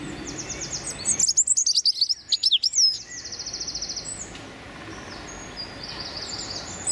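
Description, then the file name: European robin delivering a rapid, high, warbling phrase of twittering notes, followed by softer bird calls. Male singing territorial song. "European Robin Erithacus rubecula male singing his territorial song"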